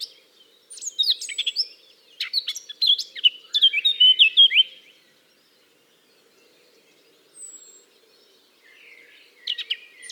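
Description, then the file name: Eurasian blackcap song: a fast, varied warble of chirps and whistled notes lasting about four seconds, then near quiet before another short phrase begins. "Sylvia atricapilla"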